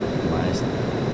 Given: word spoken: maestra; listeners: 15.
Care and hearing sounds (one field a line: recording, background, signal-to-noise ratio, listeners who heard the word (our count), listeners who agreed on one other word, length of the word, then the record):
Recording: one Spanish word in noise, from a listening test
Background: speech-shaped noise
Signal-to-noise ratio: -5.7 dB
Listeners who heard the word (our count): 3 of 15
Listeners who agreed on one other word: 11 of 15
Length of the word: 0.74 s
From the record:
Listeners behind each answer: 11, 3, 1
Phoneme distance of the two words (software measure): 10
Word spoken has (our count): 3 syllables, 7 phonemes, stress on syllable 2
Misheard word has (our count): 3 syllables, 7 phonemes, stress on syllable 2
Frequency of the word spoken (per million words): 17.21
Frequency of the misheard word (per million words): 78.49